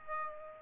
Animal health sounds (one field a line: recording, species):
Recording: mosquito wingbeat signal from an infrared sensor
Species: Aedes aegypti